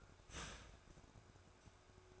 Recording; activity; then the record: daily activity, microphone in the room; start toaster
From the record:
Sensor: 2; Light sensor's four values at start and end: 4/10/4/4 and 4/10/4/4